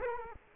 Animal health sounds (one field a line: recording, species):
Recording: mosquito wingbeat signal from an infrared sensor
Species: Culex quinquefasciatus